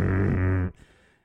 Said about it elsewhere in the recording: She's hooked up to a ventilator while she's doing that. And she needs to be suctioned because she has a tracheostomy tube, which is how she breathes. We have to use this suction machine that sounds like a flipping jackhammer. It sucks the secretions out of the trach tube. It was like every 20 minutes, you know, over the past 6 weeks.